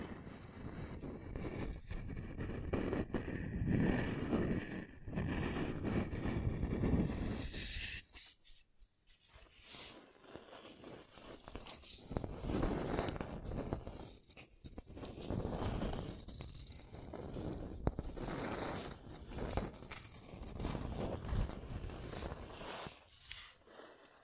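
Scratching and tracing strokes rub along a surface in uneven bursts, with a dense, rumbling low scrape for the first eight seconds. After a brief near-silence around nine seconds, lighter, brighter scratches return in short, irregular strokes and sharp ticks.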